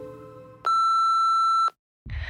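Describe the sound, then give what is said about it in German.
A telephone gives one loud, steady electronic beep lasting about a second, with a bright pure pitch. Softer low tones come before it, and a brief rush of noise follows after a short silence. “Du kannst dein Telefon nicht einfach ausmachen, bloß weil Sonntag ist. Das interessiert mich nicht. Geh ran.”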